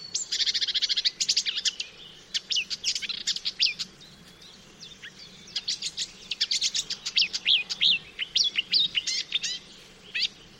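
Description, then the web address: Marsh warbler singing a hurried, varied stream of chattering trills and sharp high notes, with short gaps between rapid bursts. "chant didier collin rousserolle verderolle"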